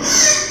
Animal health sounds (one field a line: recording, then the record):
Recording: squeal of a Yucatan mini pig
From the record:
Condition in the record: before surgery on the right vocal fold (resection and tissue-engineered implant)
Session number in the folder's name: 1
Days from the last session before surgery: -3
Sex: male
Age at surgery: 12 weeks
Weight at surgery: 13 kg